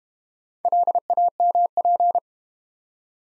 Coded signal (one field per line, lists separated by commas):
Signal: Morse code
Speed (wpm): 32 wpm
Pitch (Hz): 700 Hz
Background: none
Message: LAMP